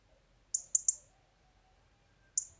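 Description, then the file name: European robin with a rapid run of three sharp high ticks, then a lone tick after a short pause. "Erithacus rubecula"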